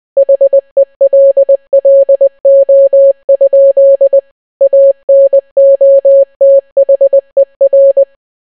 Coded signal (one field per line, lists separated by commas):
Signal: Morse code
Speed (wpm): 20 wpm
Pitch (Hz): 550 Hz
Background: none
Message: HELLO? ANOTHER